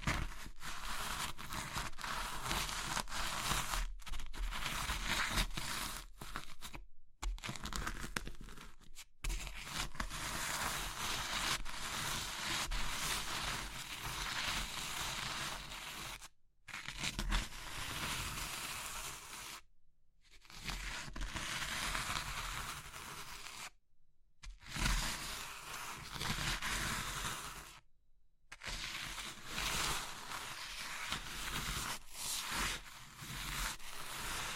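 Crunchy crushing of soap, chalk and meringue continues almost nonstop, with dense crackling and scraping and brief silent gaps near 7, 16, 20, 24 and 28 seconds.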